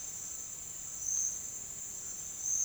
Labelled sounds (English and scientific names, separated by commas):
none